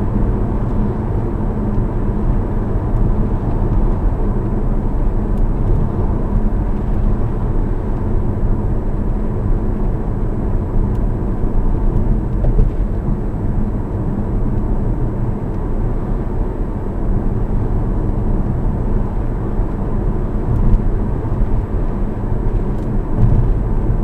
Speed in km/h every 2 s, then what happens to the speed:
77, 75, 74, 70, 68, 66, 66, 66, 66, 68, 70, 70.
0-10 slows to 66. 10-24 steady at about 66.